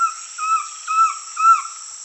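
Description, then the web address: Collared Trogon giving a short series of mellow, slightly falling whistled notes, evenly spaced, over a constant high-pitched background drone. Recorded in Peru, South America. "Natures Songs S America Collared Trogon (Trogon collaris)"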